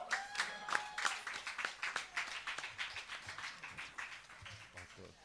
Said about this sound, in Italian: Un applauso! Io te lo lascio. Un applauso!